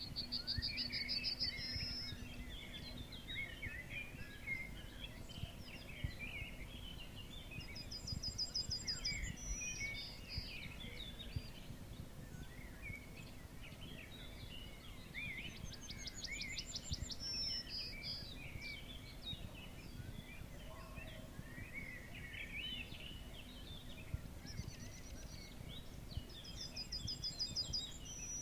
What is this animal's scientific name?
Emberiza citrinella